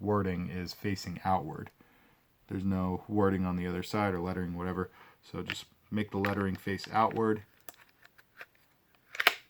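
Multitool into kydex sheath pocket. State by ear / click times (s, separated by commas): seated / 9.3 s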